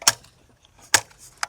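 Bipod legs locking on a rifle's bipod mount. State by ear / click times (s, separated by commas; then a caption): seated / 0.1 s, 0.9 s. The metal bipod legs on a DSArms G1 clone rifle, the same bipod as on a Sturmgewehr 58, are swung out and lock into place. Sharp metallic clicks ring out at 0.1 s and 0.9 s, and a shorter, quieter click follows at about 1.4 s. The legs are seated and locked.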